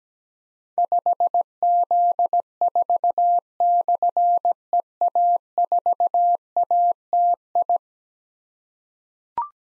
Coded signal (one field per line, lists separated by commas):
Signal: Morse code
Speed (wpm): 17 wpm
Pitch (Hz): 700 Hz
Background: none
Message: 5Z4/EA4ATI